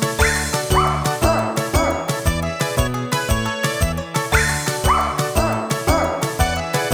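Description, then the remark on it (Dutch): A small Pekingese dog's yappy barks ring out in a rhythmic, sung-like pattern as part of a dog choir, over a loud, steady musical backing with a thumping beat, repeating the same phrase twice. “Toen kwam er ook een Pekinees. Die was altijd zo fraan geweest. Ook zij zingt in het hondenkoor.”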